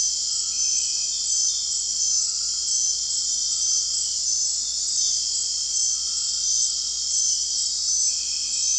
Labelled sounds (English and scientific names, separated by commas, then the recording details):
none
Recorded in dense forest near Puerto Asís, Putumayo, Colombia, on 9 March 2025 at 22:00
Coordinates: 0.499, -76.324
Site GP03